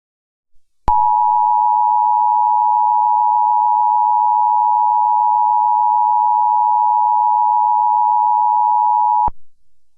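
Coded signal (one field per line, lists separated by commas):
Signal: Emergency Alert System (SAME) tones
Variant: 853 and 960 Hz attention tone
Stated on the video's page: Mock EAS made by the uploader, styled as a U-verse EAS screen.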